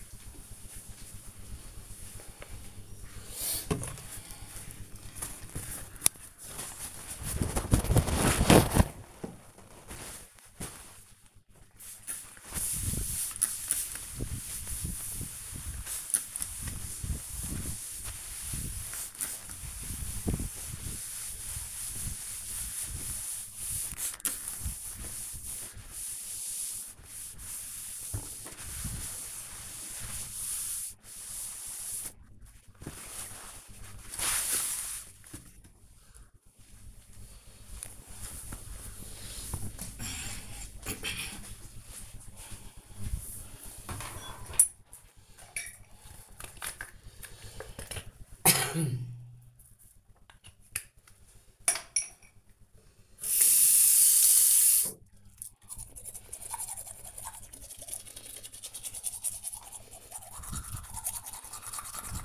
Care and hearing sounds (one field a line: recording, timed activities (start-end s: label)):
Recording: household activities, microphone on the right wrist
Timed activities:
10.84-32.01 s: cleaning table
49.09-62.25 s: brushing teeth